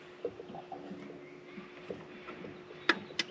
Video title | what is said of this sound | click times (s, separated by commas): Will it start? Parked for 15 years! Let's help a friend get his Jeep going! Will it drive? | make sure they click there | 2.9 s, 3.2 s